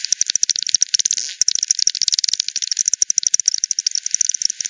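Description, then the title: Bat echolocation pulses, pitched down into audible ticks, come in quick uneven bursts of sharp clicks, with a brief smoother hiss near the one-second mark. "WW bat 20201007 T 18 : 10 Z-Hogsmill-Lane-Hogsmill-River-multiple-bats"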